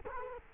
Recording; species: mosquito wingbeat signal from an infrared sensor; Culex quinquefasciatus